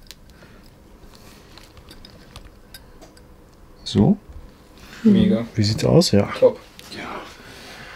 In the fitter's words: Das Ganze dann einmal einklipsen. Upp.